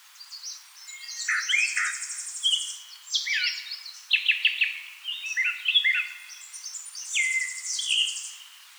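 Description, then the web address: Northern mockingbird pouring out varied song, mixing fast buzzy trills, whistles and chirps in quick succession. Recorded 4 February 2007. "Northern Mockingbird 2007 02 04"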